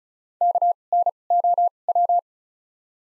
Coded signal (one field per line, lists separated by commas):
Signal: Morse code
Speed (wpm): 36 wpm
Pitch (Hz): 700 Hz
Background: none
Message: K N O W